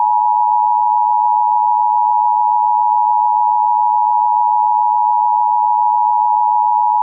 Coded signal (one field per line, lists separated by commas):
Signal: Emergency Alert System (SAME) tones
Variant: 853 and 960 Hz attention tone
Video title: BEEP Sound Effects - 10 Beep SOUND EFFECTS